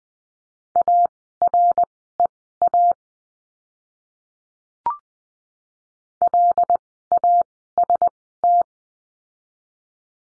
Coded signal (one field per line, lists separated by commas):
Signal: Morse code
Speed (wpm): 20 wpm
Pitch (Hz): 700 Hz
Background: none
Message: AREA LAST